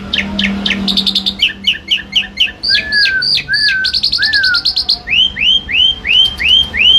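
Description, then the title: Asian pied starling singing a varied, fast medley: sharp downslurred notes, brief buzzy trills, low slurred whistles, then a run of rising whistled notes. Bird singing actively, used as tutor audio for training pet birds. "Jalak Suren Gacor full"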